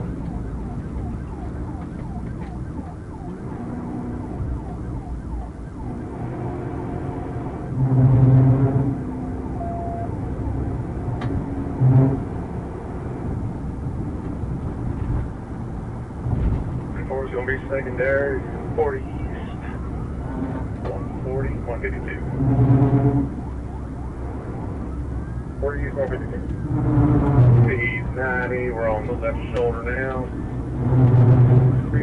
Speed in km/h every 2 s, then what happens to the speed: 127, 126, 118, 135, 142, 151, 155, 150, 147, 147, 142, 140, 143, 134, 137, 140.
0-4 slows to 118. 4-11 speeds up to 155. 11-26 slows to 134. 26-32 steady at about 137.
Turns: none.